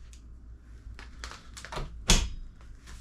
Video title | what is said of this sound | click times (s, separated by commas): Drive Medical Blue Streak Wheelchair Review - Desk Arms, Swing-Away Leg Rests & Easy Setup | They snap right in. She can do it all on her own. | 1.2 s, 2.1 s